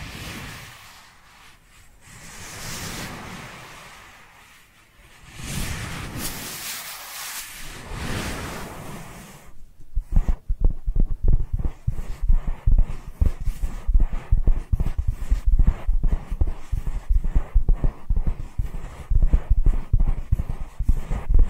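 Dry hands rub together in slow, swelling strokes for the first ten seconds, a soft hissing that rises and fades in waves. Then the sound turns to quick, dense patting and tapping, a steady run of sharp little hits continuing to the end.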